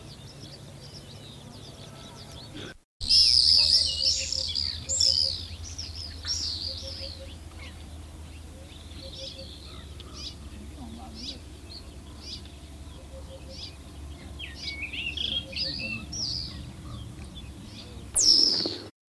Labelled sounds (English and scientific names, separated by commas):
Pacific Swift (Apus pacificus) call